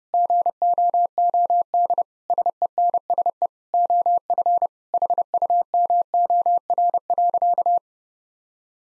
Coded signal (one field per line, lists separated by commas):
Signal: Morse code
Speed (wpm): 30 wpm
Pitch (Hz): 700 Hz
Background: none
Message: GOOD SENSE OF HUMOR.